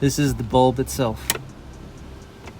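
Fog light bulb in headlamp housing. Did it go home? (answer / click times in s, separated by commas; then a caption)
released / 2.5 s. Someone talks while the H8 fog light bulb on a 10th-gen Honda Civic (Sedan, Coupe, Type R) is turned counterclockwise in its headlamp housing. After a quieter stretch, the plastic twist-lock gives a short click at 2.5 s as it releases, freeing the bulb to be pulled straight out.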